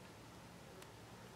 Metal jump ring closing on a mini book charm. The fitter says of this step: then you close her up. And you should hear a little snap And